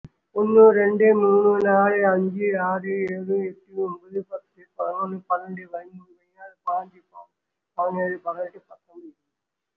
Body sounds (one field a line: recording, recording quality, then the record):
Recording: counting at a normal pace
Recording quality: excellent, no background noise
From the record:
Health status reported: respiratory illness, not identified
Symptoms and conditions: cough, cold, breathing difficulty, asthma, chronic lung disease, hypertension, diabetes, ischaemic heart disease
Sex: male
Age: 54 years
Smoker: yes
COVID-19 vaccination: one dose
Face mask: worn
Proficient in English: no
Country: India